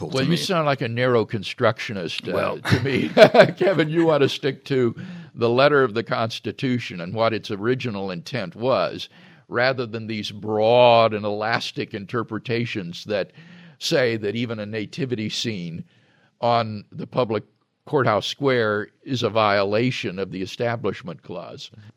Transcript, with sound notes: Well, you sound like a narrow constructionist to me, Kevin. [laughter] You want to stick to the letter of the Constitution and what it's original intent was, rather than these broad and elastic interpretations that say that even a nativity scene on the public courthouse square is a violation of the establishment clause.